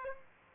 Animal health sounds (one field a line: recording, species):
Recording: mosquito wingbeat signal from an infrared sensor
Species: Aedes aegypti